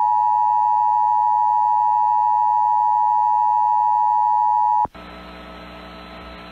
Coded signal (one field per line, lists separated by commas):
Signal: Emergency Alert System (SAME) tones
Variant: 853 and 960 Hz attention tone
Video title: EAS Severe Thunderstorm Watch #212 Kansas and Nebraska NOAA Weather Radio (SeaTTY)